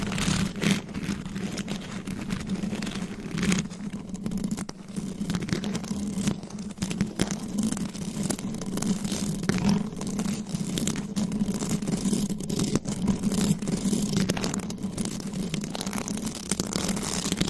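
Scratching on a microphone with claws makes a dense, steady rasping hiss with a low hum underneath and brief quieter dips throughout.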